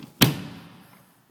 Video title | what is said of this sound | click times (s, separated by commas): Installation video of a Twice Bright light fixture. | there we go it's all snapped into place | 0.2 s